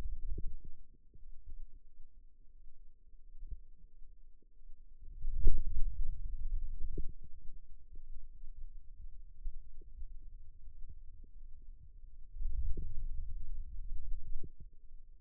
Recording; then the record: forearm muscle sounds (acoustic myography)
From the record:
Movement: hand opening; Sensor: system 2, bracelet of six BSWA MPA416 microphones around the upper forearm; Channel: 1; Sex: male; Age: 22 years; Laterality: right